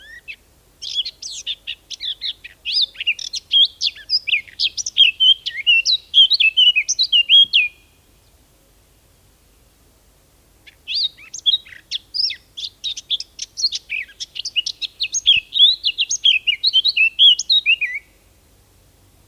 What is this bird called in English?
Eurasian Blackcap